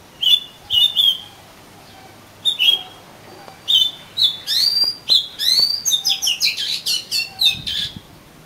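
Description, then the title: Oriental magpie-robin singing repeated whistled notes that quicken into a rich, rapid jumble of chirps and slurred trills. "Kacer Kacer"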